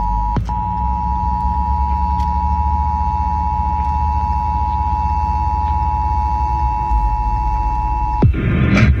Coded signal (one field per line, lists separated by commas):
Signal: Emergency Alert System (SAME) tones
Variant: 853 and 960 Hz attention tone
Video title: Child Abduction Emergency (EAS #350)